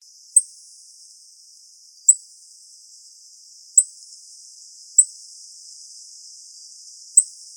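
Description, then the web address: Indigo bunting calling with five thin, high, clipped chips at uneven gaps against a quiet, even background hiss. Four calls recorded in Arizona. "Grosbeaks Buntings INBU 4 CALLS deviche"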